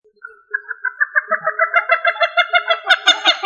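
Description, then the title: Rail giving a rapid, rhythmic run of nasal notes that grow louder and harsher. "Familia Rallidae"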